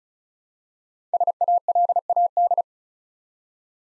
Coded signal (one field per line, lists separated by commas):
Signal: Morse code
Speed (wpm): 36 wpm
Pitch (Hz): 700 Hz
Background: none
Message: SALAD